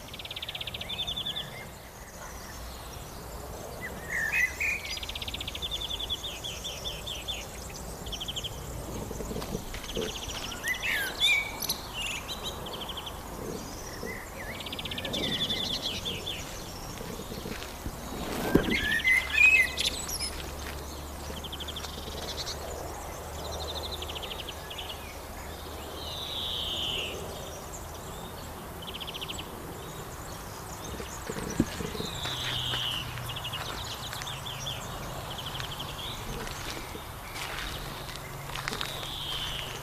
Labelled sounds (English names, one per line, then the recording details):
Common Blackbird song
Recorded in the wild
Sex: male
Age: adult
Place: Botanische Anlage Blankenfelde, Berlin, DE
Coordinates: 52.603, 13.4
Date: 1996-07-07 19:12
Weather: fair, 18°C
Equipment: Sony MD-WM MZ-R3, Sennheiser MKH 416 T, Kopie Uher 4000 Report Monitor
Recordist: Tembrock, Günter